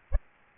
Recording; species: mosquito wingbeat signal from an infrared sensor; Aedes aegypti